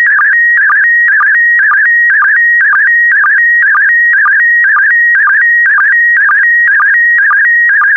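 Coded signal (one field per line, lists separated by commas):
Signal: SSTV (slow-scan television)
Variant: PD120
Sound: warbling tone near 1.9 kHz with a rhythmic chirping dip about twice a second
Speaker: complete. You can now check your decoded image against the picture that is shown on the video.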